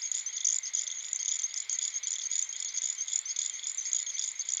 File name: dan gibsons solitudes little grass frog